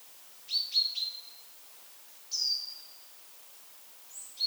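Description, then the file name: Great tit producing a quick trio of high, thin down-slurred notes, then a single longer sliding note, and a faint high note at the close. "Parus major"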